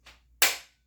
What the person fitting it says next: You hear the lock.